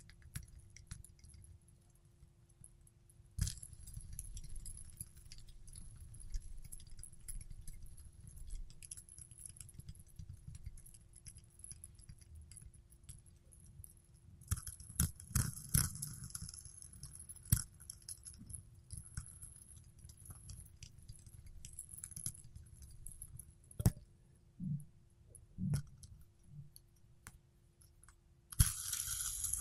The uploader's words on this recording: ASMR Fidget Spinner Sounds Tapping and Spinning.